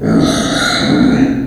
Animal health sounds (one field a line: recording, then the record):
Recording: squeal of a Yucatan mini pig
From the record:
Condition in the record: before surgery on the right vocal fold (resection and tissue-engineered implant)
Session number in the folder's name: 3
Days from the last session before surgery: 0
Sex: female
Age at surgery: 19 weeks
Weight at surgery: 25 kg